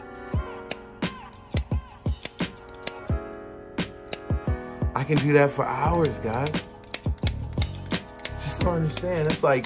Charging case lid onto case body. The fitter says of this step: it has two little satisfying snap check this out I can